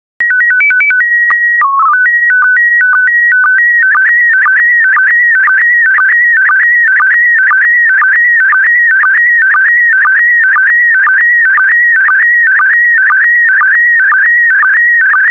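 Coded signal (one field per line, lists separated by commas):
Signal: SSTV (slow-scan television)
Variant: PD 120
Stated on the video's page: SSTV images sent in PD120 mode.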